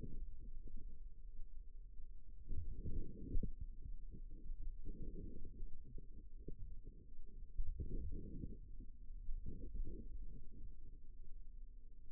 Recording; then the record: forearm muscle sounds (acoustic myography)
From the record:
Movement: outward rotation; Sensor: system 2, bracelet of six BSWA MPA416 microphones around the upper forearm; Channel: 4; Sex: female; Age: 22 years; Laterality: right